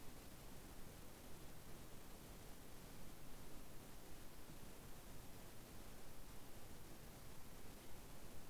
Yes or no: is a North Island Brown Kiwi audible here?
no